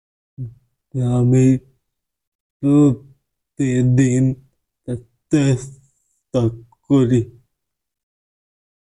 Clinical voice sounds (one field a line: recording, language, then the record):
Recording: elicited speech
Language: Bengali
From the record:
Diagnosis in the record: Broca's or global aphasia after a stroke